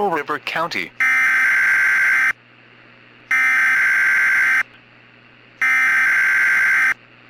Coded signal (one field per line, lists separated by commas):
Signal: Emergency Alert System (SAME) tones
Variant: header bursts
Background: speech